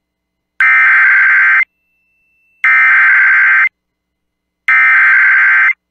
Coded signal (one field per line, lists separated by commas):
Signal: Emergency Alert System (SAME) tones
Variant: header bursts